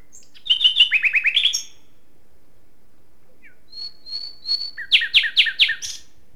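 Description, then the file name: Common nightingale song: a fast series of rich, repeated notes falling from high to mid pitch, a pause, then soft whistled notes building into a loud repeated phrase. "Luscinia megarhynchos"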